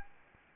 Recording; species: mosquito wingbeat signal from an infrared sensor; Anopheles arabiensis